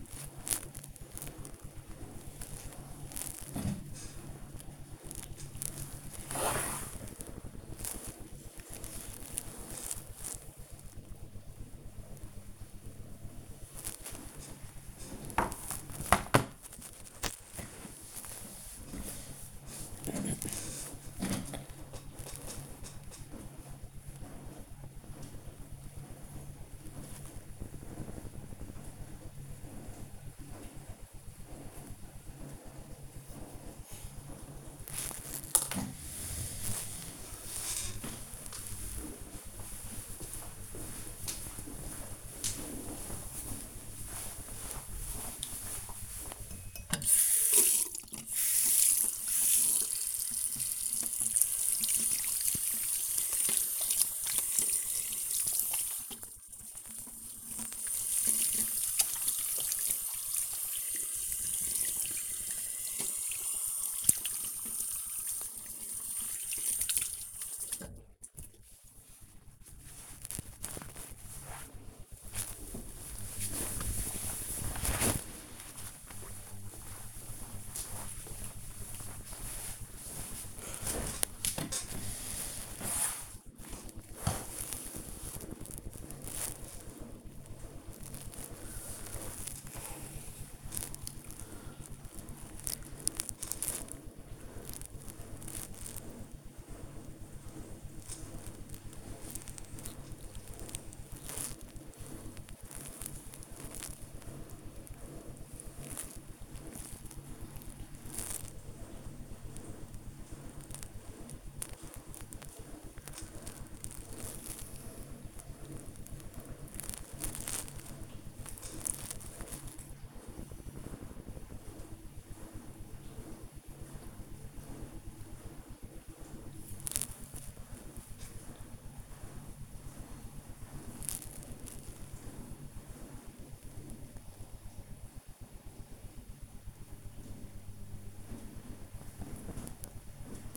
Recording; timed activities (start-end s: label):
household activities, microphone on the right wrist
0.00-45.23 s: working on the computer
47.24-70.33 s: washing hands
82.42-140.57 s: working on the computer